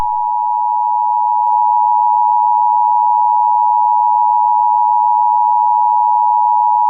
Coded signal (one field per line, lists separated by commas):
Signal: Emergency Alert System (SAME) tones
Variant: 853 and 960 Hz attention tone